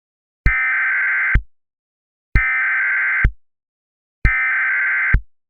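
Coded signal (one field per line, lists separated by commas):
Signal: Emergency Alert System (SAME) tones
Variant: header bursts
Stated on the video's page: Fictional, simulated alert scenario.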